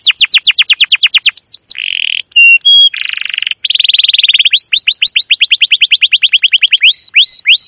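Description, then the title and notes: Domestic canary song: fast trills of descending sweeps, then buzzy rolls and flat whistled notes, followed by a long series of rapid rising repeated chirps, with no other sounds. Long continuous chirping (cuit cuit, ngerol) used as a lure and master song to train young canaries to learn sounds. "CUIT CUIT NGEROL LANGSUNG GACOR PANJANG Kenari Ini AMPUH Utk Pancingan KENAR. PANCINGAN Kenari GACOR PANJANG Cuit CUIT EMOSI ini AMPUH utk MASTERAN Kenari PAUD belajar BUNYI. burung kenari"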